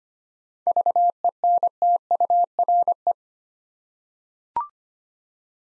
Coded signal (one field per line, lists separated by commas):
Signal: Morse code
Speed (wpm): 25 wpm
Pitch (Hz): 700 Hz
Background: none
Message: VENTURE